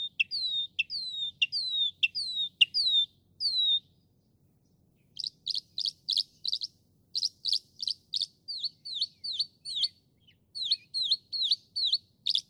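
Northern mockingbird song, a clear downslurred whistle repeated several times, a pause, then sharp clicking notes and short V-shaped chirps in rapid series.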